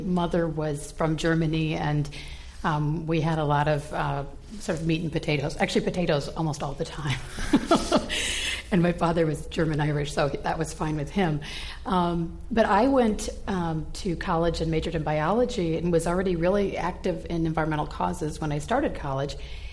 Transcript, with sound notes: my mother was from Germany and we had a lot of sort of meat and potatoes. Actually potatoes almost all the time [Laughter] and my father is German-Irish so that was fine with him.
But I went to college and majored in Biology and was already really active in environmental causes when I started college